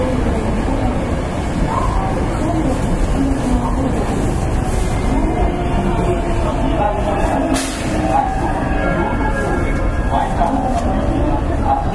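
A rapid service train on the JR Kobe Line runs steadily between Kobe and Osaka, its low rumble dense and unbroken. Murmured voices drift through the carriage noise, and a brief bright hiss or squeal cuts in near the eighth second.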